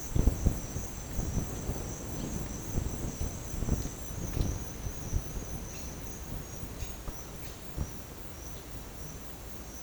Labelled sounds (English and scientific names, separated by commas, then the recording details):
none
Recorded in dense forest near Puerto Asís, Putumayo, Colombia, on 22 December 2024 at 08:30
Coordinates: 0.484, -76.317
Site G026